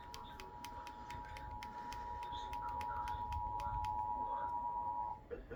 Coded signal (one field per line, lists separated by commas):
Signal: Emergency Alert System (SAME) tones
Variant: 853 and 960 Hz attention tone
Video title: eas cae Eas #247 - 248)